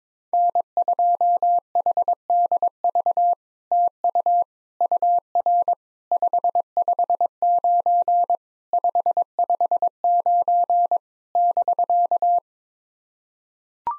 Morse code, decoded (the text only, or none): N2HDV TU UR 559 559 <BK>